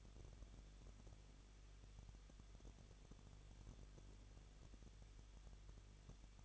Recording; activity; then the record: daily activity, microphone in the room; no activity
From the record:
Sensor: 4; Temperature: 23.0 degrees Celsius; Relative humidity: 34.3%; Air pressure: 1007.3 hPa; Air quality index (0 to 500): 213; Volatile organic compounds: 14 ppm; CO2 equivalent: 2454 ppm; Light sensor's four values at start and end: 2/3/1/1 and 2/3/1/1